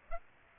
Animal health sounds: mosquito wingbeat signal from an infrared sensor; Aedes aegypti

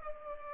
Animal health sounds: mosquito wingbeat signal from an infrared sensor; Culex pipiens

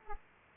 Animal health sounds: mosquito wingbeat signal from an infrared sensor; Aedes aegypti

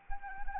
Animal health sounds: mosquito wingbeat signal from an infrared sensor; Anopheles arabiensis

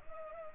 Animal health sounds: mosquito wingbeat signal from an infrared sensor; Culex pipiens

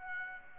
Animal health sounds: mosquito wingbeat signal from an infrared sensor; Aedes aegypti

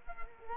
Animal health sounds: mosquito wingbeat signal from an infrared sensor; Culex quinquefasciatus

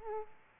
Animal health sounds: mosquito wingbeat signal from an infrared sensor; Culex pipiens

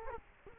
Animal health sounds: mosquito wingbeat signal from an infrared sensor; Culex quinquefasciatus

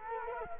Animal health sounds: mosquito wingbeat signal from an infrared sensor; Culex quinquefasciatus

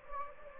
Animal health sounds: mosquito wingbeat signal from an infrared sensor; Anopheles gambiae

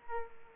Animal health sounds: mosquito wingbeat signal from an infrared sensor; Aedes aegypti

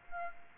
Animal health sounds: mosquito wingbeat signal from an infrared sensor; Aedes aegypti

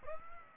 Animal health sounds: mosquito wingbeat signal from an infrared sensor; Aedes aegypti

